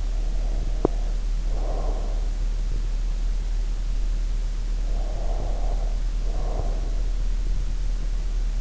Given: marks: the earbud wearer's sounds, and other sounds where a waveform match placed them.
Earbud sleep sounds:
sounds in sleep by an in-ear microphone; breath, teeth grinding
0.19-2.67 s: breath
0.62-1.01 s: teeth grinding
4.71-6.95 s: breath

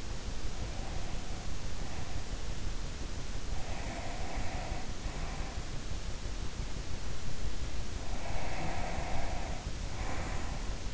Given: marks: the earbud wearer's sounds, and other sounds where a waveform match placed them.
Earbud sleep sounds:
sounds in sleep by an in-ear microphone; breath
0.00-2.49 s: breath
3.44-5.91 s: breath
7.82-10.94 s: breath

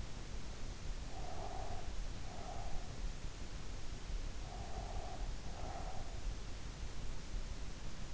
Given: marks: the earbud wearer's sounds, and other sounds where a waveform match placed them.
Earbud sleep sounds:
sounds in sleep by an in-ear microphone; breath
1.09-3.18 s: breath
4.72-6.20 s: breath

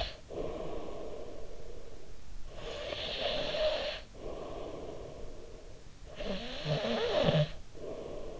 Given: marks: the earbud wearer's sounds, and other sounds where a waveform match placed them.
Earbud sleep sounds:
sounds in sleep by an in-ear microphone; snoring breath, breath
0.00-2.19 s: snoring breath
2.19-5.85 s: breath
5.85-8.40 s: snoring breath

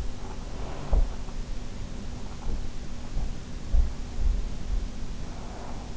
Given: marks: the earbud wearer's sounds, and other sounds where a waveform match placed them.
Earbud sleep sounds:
sounds in sleep by an in-ear microphone; breath
0.12-1.14 s: breath
0.80-1.14 s: sound from someone else or the room

